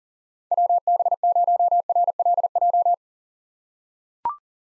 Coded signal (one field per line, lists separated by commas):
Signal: Morse code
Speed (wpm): 40 wpm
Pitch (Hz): 700 Hz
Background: none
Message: WB0RLJ